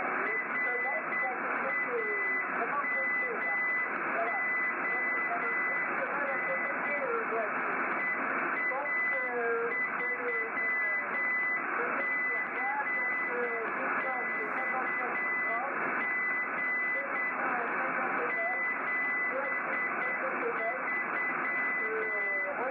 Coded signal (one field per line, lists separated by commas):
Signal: Morse code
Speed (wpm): 8 wpm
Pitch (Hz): 2000 Hz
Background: speech, radio noise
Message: RAMON EA3CXG 73